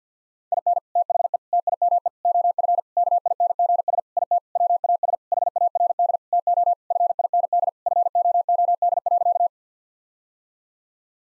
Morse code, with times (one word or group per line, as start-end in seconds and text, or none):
0.5-0.8 IN
1.0-1.4 THE
1.5-2.1 TIME
2.2-2.8 OF
3.0-4.0 KINGS
4.2-4.4 IT
4.6-5.2 WAS
5.3-6.2 HARD
6.3-6.7 TO
6.9-7.7 FIND
7.9-9.5 FOOD.